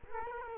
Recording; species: mosquito wingbeat signal from an infrared sensor; Culex quinquefasciatus